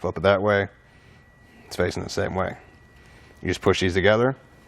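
A plastic base with its rubber pad, from a custom DK fit kit for Rhino-Rack 2500 Series roof rack legs on a 2021 Chevrolet Equinox, is lined up with the roof rack leg piece by matching arrows and pushed together by hand; the pad sits on the vehicle to protect it from scratches. Someone talks in three short bursts over quiet room tone. Nothing has snapped or seated yet.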